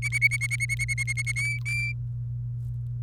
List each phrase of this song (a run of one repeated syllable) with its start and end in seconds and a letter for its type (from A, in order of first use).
0.02-1.32 A, 1.36-1.92 B